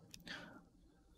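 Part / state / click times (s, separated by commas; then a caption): expansion card into motherboard PCIe slot / seated / 0.1 s. An expansion card is lined up with a motherboard's PCI Express slot and pressed down, giving a sharp click at 0.1 s, a fainter tick just after, and a brief scraping rustle that fades into low background. The card is seated properly, with all its pins gone into the slot.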